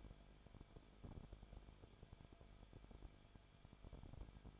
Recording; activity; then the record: daily activity, microphone in the room; no activity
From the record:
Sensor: 5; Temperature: 20.3 degrees Celsius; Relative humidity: 39.8%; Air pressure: 1010.8 hPa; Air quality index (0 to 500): 166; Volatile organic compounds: 15 ppm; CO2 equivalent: 2510 ppm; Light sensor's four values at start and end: 2/3/1/1 and 2/3/1/1